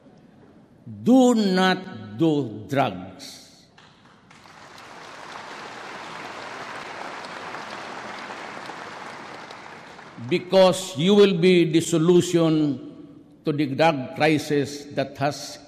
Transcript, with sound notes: Do not do drugs [applause] because you will be the solution to the drug crisis that has